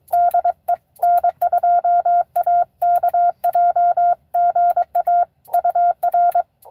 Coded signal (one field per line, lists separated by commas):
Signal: Morse code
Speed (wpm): 23 wpm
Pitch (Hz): 720 Hz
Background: none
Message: DE N2AKJ GA UR